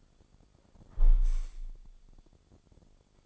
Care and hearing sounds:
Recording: daily activity, microphone in the room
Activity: close window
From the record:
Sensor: 5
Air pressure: 1000.6 hPa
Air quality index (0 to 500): 150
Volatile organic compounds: 2 ppm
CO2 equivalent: 1151 ppm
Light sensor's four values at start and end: 39/93/38/41 and 39/92/38/41

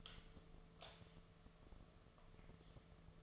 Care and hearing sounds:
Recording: daily activity, microphone in the room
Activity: light off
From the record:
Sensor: 4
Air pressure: 1015.6 hPa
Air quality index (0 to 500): 183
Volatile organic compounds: 8 ppm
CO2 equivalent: 2116 ppm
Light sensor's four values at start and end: 14/33/13/13 and 13/30/12/12

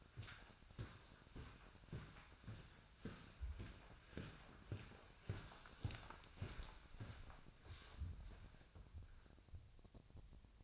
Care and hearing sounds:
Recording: daily activity, microphone in the room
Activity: walk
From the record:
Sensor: 2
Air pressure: 1009.2 hPa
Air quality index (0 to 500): 179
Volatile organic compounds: 2 ppm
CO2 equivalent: 1308 ppm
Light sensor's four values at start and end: 48/125/54/60 and 48/126/54/60

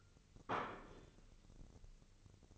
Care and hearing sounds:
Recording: daily activity, microphone in the room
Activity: place plate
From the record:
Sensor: 4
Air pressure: 1008.3 hPa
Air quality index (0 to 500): 81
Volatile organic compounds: 1 ppm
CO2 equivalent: 648 ppm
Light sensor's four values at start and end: 14/32/13/12 and 14/32/13/12

